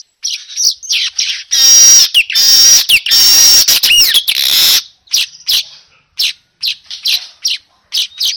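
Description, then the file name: Weaver song of rapid high chattering notes and buzzy squeaks, with bursts of dense sizzling hiss between about one and five seconds, then scattered short chips. Lure sound of a weaver (burung manyar) in vigorous, continuous 'gacor' song. "Suara Pancingan Burung Manyar Gacor Dor"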